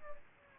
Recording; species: mosquito wingbeat signal from an infrared sensor; Culex pipiens